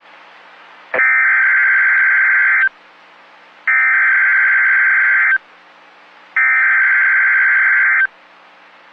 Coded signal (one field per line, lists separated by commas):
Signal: Emergency Alert System (SAME) tones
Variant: header bursts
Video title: Severe Thunderstorm Watch (EAS 1792) 5/2/22